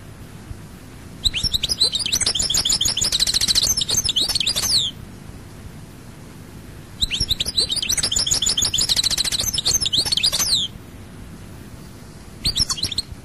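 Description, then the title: European goldfinch song: two long bursts of rapid, tinkling, buzzy high twitters with trills, separated by a pause, a third phrase beginning at the end. "Chant Chardonneret"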